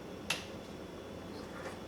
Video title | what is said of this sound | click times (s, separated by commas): AMD Radeon VII mining RIG setup Part 2 | And you always want to hear that click when you're actually plugging in your power, when you're plugging in your 8-pin connectors. | 0.3 s